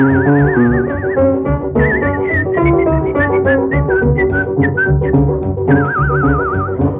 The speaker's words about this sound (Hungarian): Tetszik tudni, mi ez, amit én itt fütyülészek?